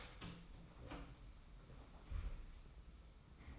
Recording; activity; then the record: daily activity, microphone in the room; open door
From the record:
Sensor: 1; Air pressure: 991.6 hPa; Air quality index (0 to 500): 130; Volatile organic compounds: 386 ppm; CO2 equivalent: 4648 ppm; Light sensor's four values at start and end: 34/110/43/44 and 33/109/43/44